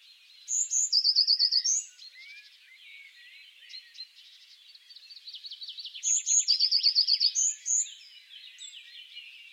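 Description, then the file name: Eurasian blue tit song: high thin notes, then a fast, lower buzzy trill, given twice several seconds apart over steady background bird chatter. "Cyanistes caeruleus"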